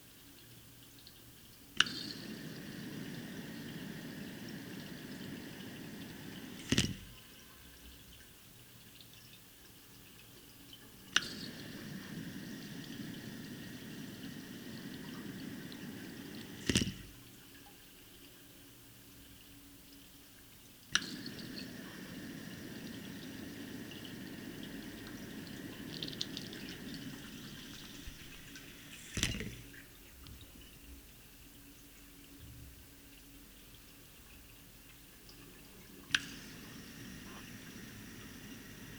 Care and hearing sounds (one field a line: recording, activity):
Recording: daily activity, guitar pickup as the sensor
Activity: flush